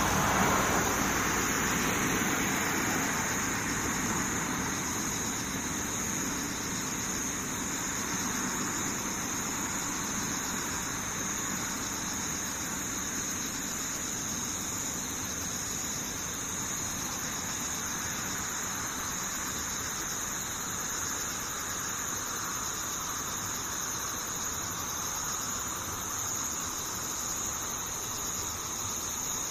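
Insects keep up a steady, unbroken shrill drone, with high piercing tones layered on top that hold level for the whole half minute. Beneath them runs a constant low rumble like passing traffic, slightly louder in the first few seconds.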